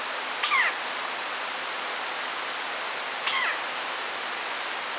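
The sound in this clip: Robust woodpecker calling twice, about three seconds apart, each note a rough, descending nasal squawk, over a continuous high-pitched insect drone.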